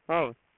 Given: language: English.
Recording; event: throat vibration sensor signal played as sound; speech